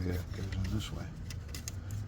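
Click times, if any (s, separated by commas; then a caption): 1.7 s. A plastic wiring connector housing is pushed by hand onto its socket on the starter of a 2015 Kia Optima while someone talks. A few short taps come at 1.3 and 1.5 seconds, then a sharp latch click at 1.7 seconds as the connector seats so it cannot come loose.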